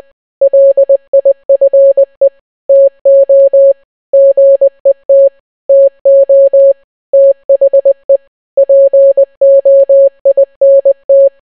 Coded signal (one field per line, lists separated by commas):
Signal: Morse code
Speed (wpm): 20 wpm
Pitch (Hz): 550 Hz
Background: none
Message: LIFE TO GET TO THE POINT